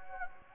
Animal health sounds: mosquito wingbeat signal from an infrared sensor; Anopheles gambiae

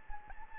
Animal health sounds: mosquito wingbeat signal from an infrared sensor; Anopheles gambiae

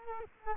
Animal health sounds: mosquito wingbeat signal from an infrared sensor; Culex quinquefasciatus

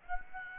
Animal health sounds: mosquito wingbeat signal from an infrared sensor; Aedes aegypti

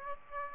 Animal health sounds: mosquito wingbeat signal from an infrared sensor; Aedes aegypti

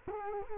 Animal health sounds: mosquito wingbeat signal from an infrared sensor; Culex quinquefasciatus

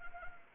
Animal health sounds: mosquito wingbeat signal from an infrared sensor; Anopheles arabiensis

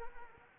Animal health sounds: mosquito wingbeat signal from an infrared sensor; Anopheles arabiensis

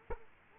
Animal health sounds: mosquito wingbeat signal from an infrared sensor; Culex quinquefasciatus

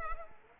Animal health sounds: mosquito wingbeat signal from an infrared sensor; Culex pipiens

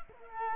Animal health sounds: mosquito wingbeat signal from an infrared sensor; Culex quinquefasciatus

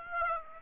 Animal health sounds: mosquito wingbeat signal from an infrared sensor; Aedes aegypti

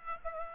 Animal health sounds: mosquito wingbeat signal from an infrared sensor; Aedes aegypti

